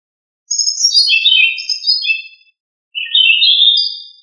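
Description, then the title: Thrush song, two whistled phrases, the first descending in stepped notes, the second rising after a half-second pause. "Familia Turdidae - Sabia"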